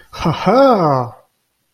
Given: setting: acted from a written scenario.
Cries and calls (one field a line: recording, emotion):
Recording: vocal sound without words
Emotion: interest